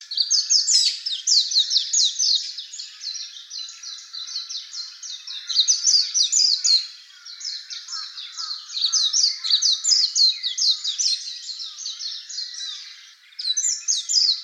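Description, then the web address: Warbling white-eye song, a long rapid jumble of high twittering notes running almost without pause, with brief dips in loudness. Recorded on 31 March 2015. "birdenaga mejiro S 150331"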